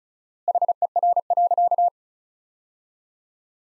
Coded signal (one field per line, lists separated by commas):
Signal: Morse code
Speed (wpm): 34 wpm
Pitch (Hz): 700 Hz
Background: none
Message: HER.